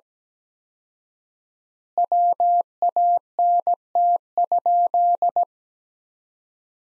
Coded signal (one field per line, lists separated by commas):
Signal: Morse code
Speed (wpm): 17 wpm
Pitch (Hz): 700 Hz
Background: none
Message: WANT?